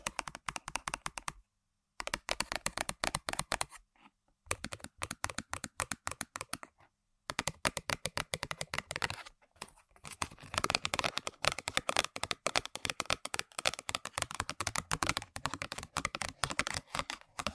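Rapid tapping and scratching on objects, dense clicky bursts broken by brief silences near 2, 4 and 7 seconds, growing busier afterward.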